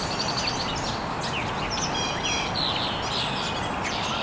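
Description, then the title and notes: Birds chirping, scattered high twitters and short slurred whistles above a loud, even wash of background noise. Birds chirping very early in the morning in an estuary. "Birds Chirping in the Early Morning. Original sounds of birds chirping very early in the morning in an estuary"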